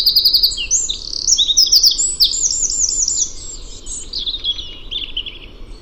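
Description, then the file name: Eurasian wren song, a loud high outpouring of rapid trills and chattering notes, fast and unbroken for the whole stretch. "Troglodytes troglodytes"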